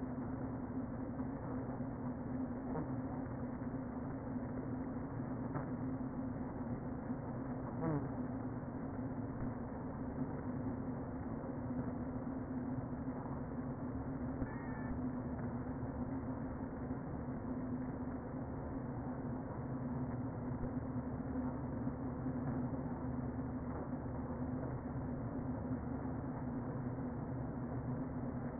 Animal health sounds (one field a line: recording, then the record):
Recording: honeybee colony, microphone inside the hive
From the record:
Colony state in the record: queen present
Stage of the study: before two queens were removed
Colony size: about 60,000 bees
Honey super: yes